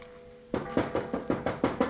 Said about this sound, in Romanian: E miezul nopții. Mă duc să bat la ușă.